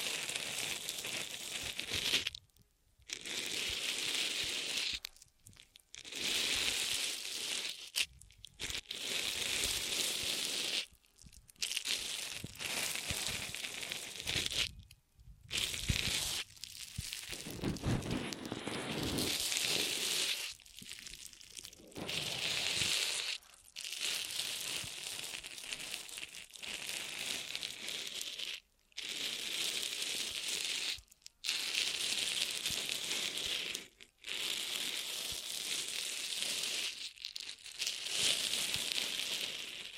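Ear massage triggers: dense, crinkly rubbing and crumpling, bright and hissy with little low end. The sound comes in bursts of a few seconds each, separated by brief silences, fairly regular across the whole stretch, with a fuller, rougher passage around the middle.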